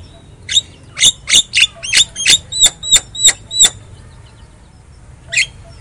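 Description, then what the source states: Javan myna song: a regular run of about ten sharp, clipped chip notes, evenly spaced and quick, then a pause and one more note. Javan myna song (kicau); a lure (pancingan) recording meant to get silent (bisu) mynas singing.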